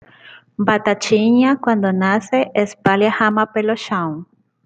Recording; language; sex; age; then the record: short text; Brazilian Portuguese; female; 30 to 39 years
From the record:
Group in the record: control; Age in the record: 30 years